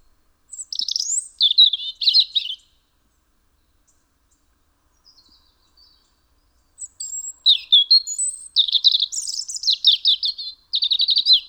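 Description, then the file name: European robin song in two bursts separated by about four seconds of near silence, each made of sweet, high, varied warbles and quick trills. "Erithacus rubecula"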